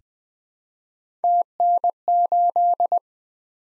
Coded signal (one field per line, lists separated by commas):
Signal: Morse code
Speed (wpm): 20 wpm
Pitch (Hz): 700 Hz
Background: none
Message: TN8